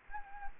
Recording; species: mosquito wingbeat signal from an infrared sensor; Anopheles gambiae